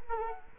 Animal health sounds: mosquito wingbeat signal from an infrared sensor; Culex quinquefasciatus

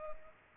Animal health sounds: mosquito wingbeat signal from an infrared sensor; Culex pipiens

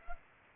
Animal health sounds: mosquito wingbeat signal from an infrared sensor; Culex pipiens

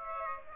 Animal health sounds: mosquito wingbeat signal from an infrared sensor; Aedes aegypti

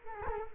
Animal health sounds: mosquito wingbeat signal from an infrared sensor; Culex quinquefasciatus

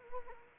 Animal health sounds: mosquito wingbeat signal from an infrared sensor; Anopheles arabiensis

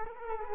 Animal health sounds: mosquito wingbeat signal from an infrared sensor; Culex quinquefasciatus

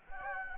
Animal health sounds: mosquito wingbeat signal from an infrared sensor; Anopheles gambiae

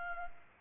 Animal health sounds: mosquito wingbeat signal from an infrared sensor; Culex pipiens

